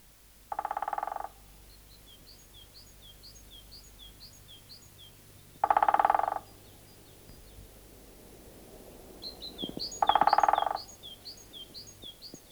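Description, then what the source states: Great Spotted Woodpecker drumming: three short, rapid rattling rolls, roughly every four to five seconds, with faint high chirps of other birds behind. Recorded in Finland.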